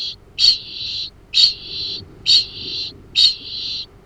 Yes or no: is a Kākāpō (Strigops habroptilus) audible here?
yes